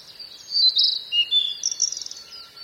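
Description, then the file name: Blue-and-white flycatcher singing a short phrase of high, bright whistled notes, some sliding downward, closing with a rapid run of short, slightly buzzy notes. "ooruri"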